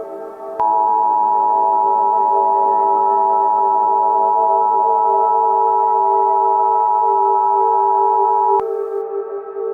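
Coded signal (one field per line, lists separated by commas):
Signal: Emergency Alert System (SAME) tones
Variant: 853 and 960 Hz attention tone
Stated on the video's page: Fictional EAS scenario.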